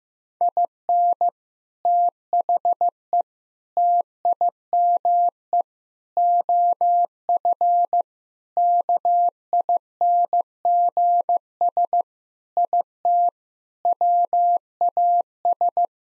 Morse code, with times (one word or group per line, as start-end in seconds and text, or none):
0.4-1.3 IN
1.9-3.2 THE
3.8-5.6 TIME
6.2-8.0 OF
8.6-12.0 KINGS
12.6-13.3 IT
13.9-15.8 WAS